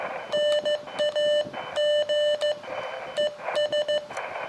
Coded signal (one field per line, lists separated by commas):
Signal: Morse code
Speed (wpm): 15 wpm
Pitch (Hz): 600 Hz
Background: none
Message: NAG ES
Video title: Dayton Hamvention 2017 My Adventure Experience Video 1 of 2